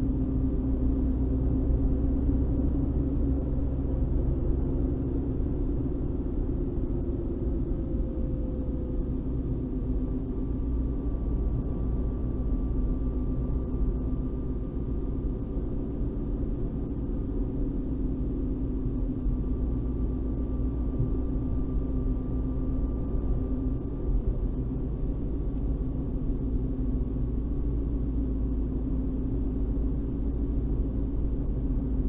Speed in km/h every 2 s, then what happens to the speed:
51, 55, 59, 59, 55, 51, 51, 53, 53, 53, 51, 51, 51, 50, 50, 50.
0-4 speeds up to 59. 7-10 slows to 51. 10-32 steady at about 51.